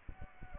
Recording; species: mosquito wingbeat signal from an infrared sensor; Aedes aegypti